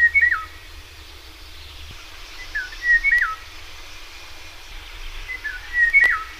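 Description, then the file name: Eurasian golden oriole singing short mellow whistled phrases with a falling, yodelling turn, repeated about every two to three seconds over a low steady rumble. "Loriot"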